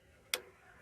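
The plastic connector position lock tab on the harness plug of a valve timing solenoid on a 2016 Chevy Equinox 2.4 is pressed in, giving a second, smaller click. A single short, bright click is heard at 0.3 s over quiet background noise, and the lock tab is seated.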